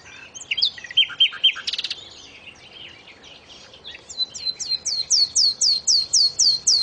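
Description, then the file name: Common nightingale song: short whistled notes and a brief rattle, then a loud series of looping whistles repeated about four times per second. "suara burung nightingale om kicau"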